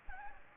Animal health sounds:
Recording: mosquito wingbeat signal from an infrared sensor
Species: Aedes aegypti

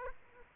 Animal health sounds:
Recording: mosquito wingbeat signal from an infrared sensor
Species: Aedes aegypti

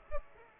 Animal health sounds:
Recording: mosquito wingbeat signal from an infrared sensor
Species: Aedes aegypti

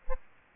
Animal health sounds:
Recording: mosquito wingbeat signal from an infrared sensor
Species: Aedes aegypti

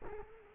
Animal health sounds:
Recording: mosquito wingbeat signal from an infrared sensor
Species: Culex quinquefasciatus

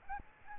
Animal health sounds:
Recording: mosquito wingbeat signal from an infrared sensor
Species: Aedes albopictus

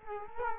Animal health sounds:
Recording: mosquito wingbeat signal from an infrared sensor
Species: Culex quinquefasciatus

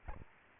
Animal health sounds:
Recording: mosquito wingbeat signal from an infrared sensor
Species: Aedes albopictus

